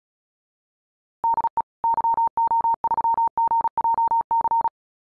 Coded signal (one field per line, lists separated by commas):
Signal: Morse code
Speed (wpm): 37 wpm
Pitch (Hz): 920 Hz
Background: none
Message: DE YO3GJC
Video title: CW freak.NET - QRQ